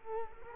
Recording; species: mosquito wingbeat signal from an infrared sensor; Culex quinquefasciatus